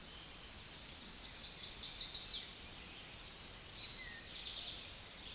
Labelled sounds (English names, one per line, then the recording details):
Chestnut-sided Warbler song
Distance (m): 60 m
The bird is about 25 m above the microphone
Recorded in a Pennsylvania forest on 16 May 2024 at 09:21
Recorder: AudioMoth, point MSD-2391
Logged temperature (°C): 15.0 °C
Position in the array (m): 66 m, 62 m